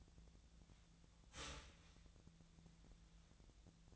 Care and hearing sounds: daily activity, microphone in the room; start toaster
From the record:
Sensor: 3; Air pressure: 1009.4 hPa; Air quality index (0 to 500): 198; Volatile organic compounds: 17 ppm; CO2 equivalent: 2566 ppm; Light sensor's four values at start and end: 33/82/34/37 and 32/82/34/37

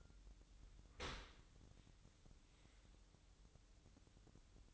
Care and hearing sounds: daily activity, microphone in the room; open dishwasher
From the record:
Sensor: 3

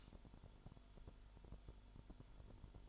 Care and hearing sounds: daily activity, microphone in the room; light on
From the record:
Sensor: 5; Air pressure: 1008.0 hPa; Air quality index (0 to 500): 101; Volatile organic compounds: 1 ppm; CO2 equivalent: 785 ppm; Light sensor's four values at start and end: 37/85/35/36 and 37/87/36/36

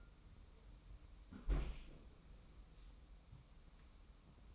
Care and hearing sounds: daily activity, microphone in the room; close fridge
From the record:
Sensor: 1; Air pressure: 994.5 hPa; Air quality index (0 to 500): 220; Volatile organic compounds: 1000 ppm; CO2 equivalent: 7904 ppm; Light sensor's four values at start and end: 141/322/144/159 and 146/334/150/166

